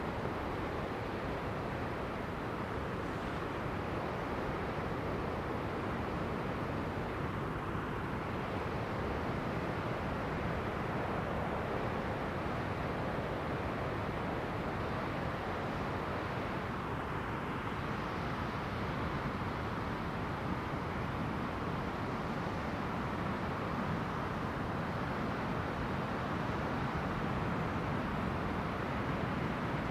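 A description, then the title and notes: A steady, dense roar of Pacific surf at Cape Disappointment fills the whole recording, with no pauses or distinct wave breaks. The sound is heavy and full in the lows and mids, dulling above, with only slight swells in texture around the middle. Beard's Hollow. Recorded August 25th, 2022 at Cape Disappointment on the Pacific Coast in Washington.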